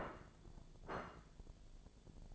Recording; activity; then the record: daily activity, microphone in the room; place plate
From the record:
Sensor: 5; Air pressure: 1000.3 hPa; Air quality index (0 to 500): 119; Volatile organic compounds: 1 ppm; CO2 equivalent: 952 ppm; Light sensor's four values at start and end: 102/242/103/111 and 102/242/103/111